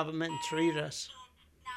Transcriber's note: an announcement can be heard coming over a public address system